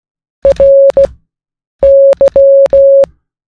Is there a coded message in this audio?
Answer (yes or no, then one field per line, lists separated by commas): yes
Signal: Morse code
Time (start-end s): 0.5-3.0 s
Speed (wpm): 15 wpm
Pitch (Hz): 550 Hz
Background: music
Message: R Y